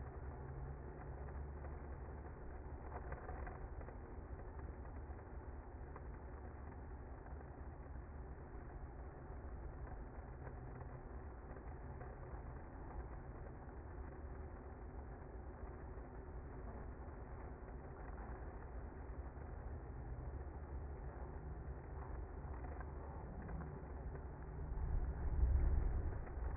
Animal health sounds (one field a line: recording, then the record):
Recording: honeybee colony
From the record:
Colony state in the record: active